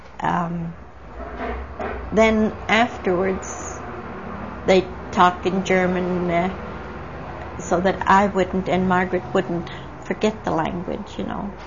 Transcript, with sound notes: Then afterwards (traffic noises) they'd talk in German so that I wouldn't and Margaret wouldn't forget the language, you know.